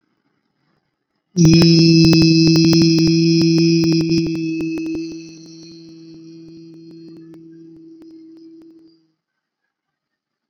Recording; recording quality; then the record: sustained vowel as in beet; moderate, slight background noise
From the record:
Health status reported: recovered from COVID-19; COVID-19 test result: positive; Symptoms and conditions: fatigue, loss of smell and taste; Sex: male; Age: 34 years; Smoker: not ticked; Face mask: not worn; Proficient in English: yes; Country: India